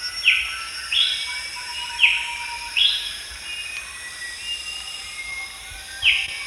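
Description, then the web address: Moustached babbler giving brief whistled notes, four in a steady series, then a pause before one more, over a continuous high background hum. Recorded at Danum on 1 January 2008. "DANUM 20080101. moustached babbler"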